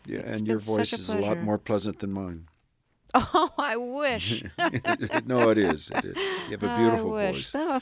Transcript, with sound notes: Yeah. And your voice is a lot more pleasant than mine.
Oh, I wish (laughter).
No, it is. You have a beautiful voice.